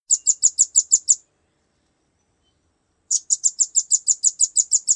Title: Suara burung rambatan